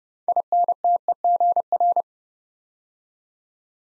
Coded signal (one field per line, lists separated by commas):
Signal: Morse code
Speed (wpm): 30 wpm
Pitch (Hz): 700 Hz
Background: none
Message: INTEGR